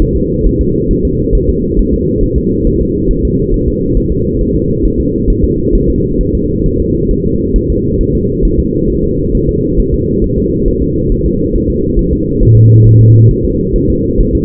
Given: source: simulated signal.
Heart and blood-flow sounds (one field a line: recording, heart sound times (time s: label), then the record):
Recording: fetal heart sounds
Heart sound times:
0.02 s: S1
0.16 s: S2
0.46 s: S1
0.61 s: S2
0.91 s: S1
1.05 s: S2
1.35 s: S1
1.49 s: S2
1.79 s: S1
1.94 s: S2
2.23 s: S1
2.38 s: S2
2.67 s: S1
2.82 s: S2
3.11 s: S1
3.25 s: S2
3.54 s: S1
3.68 s: S2
3.97 s: S1
4.12 s: S2
4.41 s: S1
4.55 s: S2
4.85 s: S1
5.00 s: S2
5.30 s: S1
5.44 s: S2
5.75 s: S1
5.90 s: S2
6.21 s: S1
6.35 s: S2
6.66 s: S1
6.80 s: S2
7.11 s: S1
7.25 s: S2
7.56 s: S1
7.70 s: S2
8.01 s: S1
8.15 s: S2
8.45 s: S1
8.60 s: S2
8.90 s: S1
9.04 s: S2
9.35 s: S1
9.49 s: S2
9.79 s: S1
9.94 s: S2
10.24 s: S1
10.38 s: S2
10.68 s: S1
10.82 s: S2
11.12 s: S1
11.26 s: S2
11.56 s: S1
11.70 s: S2
11.99 s: S1
12.13 s: S2
12.43 s: S1
12.57 s: S2
12.87 s: S1
13.01 s: S2
13.31 s: S1
13.45 s: S2
13.76 s: S1
13.90 s: S2
14.20 s: S1
14.35 s: S2
From the record:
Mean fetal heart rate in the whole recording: 135 bpm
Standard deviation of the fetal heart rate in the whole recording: 3 bpm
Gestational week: 36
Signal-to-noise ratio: -10.2 dB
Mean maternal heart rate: 72 bpm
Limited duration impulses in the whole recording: present